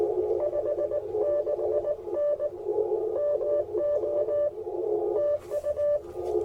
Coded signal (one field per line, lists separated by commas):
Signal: Morse code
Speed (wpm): 20 wpm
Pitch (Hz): 600 Hz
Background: radio noise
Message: 56N MO TU